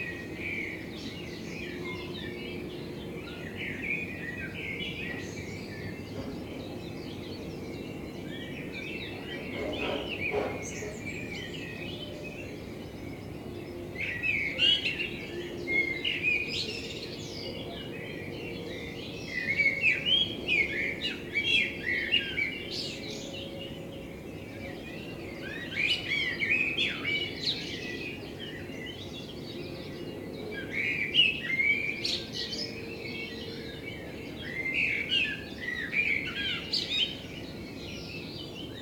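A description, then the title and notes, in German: A blackbird sings outside a window, its bright, warbling phrases coming in bursts every few seconds with short pauses between them. The song grows denser and louder after about fourteen seconds. A steady low hum and faint background noise run underneath throughout. Kunstkopfaufnahme der Amsel vor meinem Fenster. Hab' mir endlich einen echten Kunstkopf gebaut.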